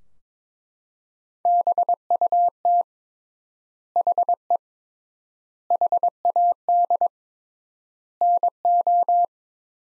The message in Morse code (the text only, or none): BUT HE HAD NO